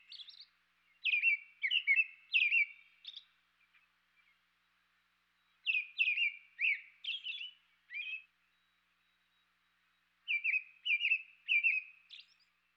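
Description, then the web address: American robin uttering bursts of sharp, slurred chirping notes in three groups of several notes, separated by pauses of a few seconds. Eastern North America. "Dan Gibson Wildlife Identification By Sound, Eastern North America Pt 2. American Robin"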